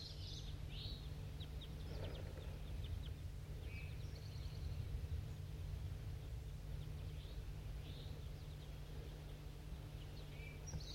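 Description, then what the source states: Crossbill flight calls: faint, short chirping notes scattered throughout from a flock, over a steady low rumble of background noise. Flock of crossbills flying somewhere, recorded while walking down a hill.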